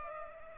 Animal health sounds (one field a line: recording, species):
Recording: mosquito wingbeat signal from an infrared sensor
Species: Culex pipiens